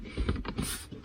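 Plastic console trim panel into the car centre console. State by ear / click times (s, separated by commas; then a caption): not seated / none. A plastic console trim panel on the centre console of a 2010 Toyota RAV4, next to the newly installed MICTUNING USB phone charger, is handled and pushed toward place, giving low rubbing and knocking sounds with brief plastic rattles. Nothing has seated or clicked yet; the clip ends just before the panel snaps home.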